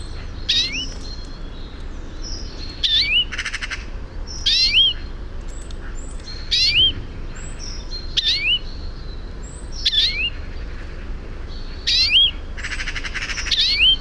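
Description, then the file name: European greenfinch giving short burry notes with a rising whistled slur, repeated roughly every two seconds, while thin high chirps from other birds carry on. "Chloris chloris"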